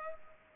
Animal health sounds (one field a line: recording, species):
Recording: mosquito wingbeat signal from an infrared sensor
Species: Culex pipiens